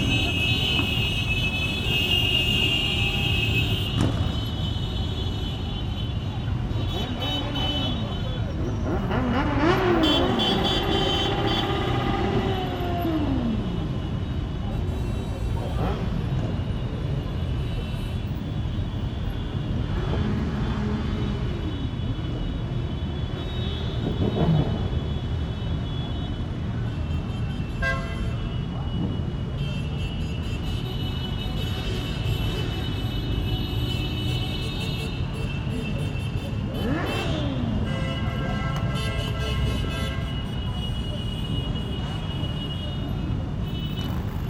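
A motorcycle parade passes along a Paris boulevard, with a steady, dense roar of engines throughout. Individual bikes rev and rise in pitch now and then, notably around ten, twenty-five and thirty-seven seconds, over a constant low rumble of traffic and faint voices.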